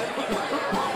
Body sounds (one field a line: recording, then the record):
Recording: coughing mixed with background sound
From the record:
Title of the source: Spring Allergy Coughing